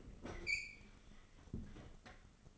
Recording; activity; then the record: daily activity, microphone in the room; open fridge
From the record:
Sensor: 4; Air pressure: 996.0 hPa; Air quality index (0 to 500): 62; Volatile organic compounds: 2 ppm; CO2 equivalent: 1112 ppm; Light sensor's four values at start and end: 15/42/16/18 and 14/39/15/17